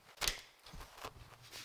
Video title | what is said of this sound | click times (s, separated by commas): LIVE Remote Computer Build with Steve Bass. Featuring AMD Ryzen 5 3400G, NZXT H610. | it's locked in there and | 0.3 s